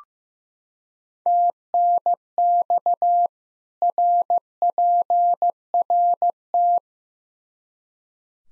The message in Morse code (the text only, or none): TNX RPRT